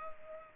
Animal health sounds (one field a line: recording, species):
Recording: mosquito wingbeat signal from an infrared sensor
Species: Culex pipiens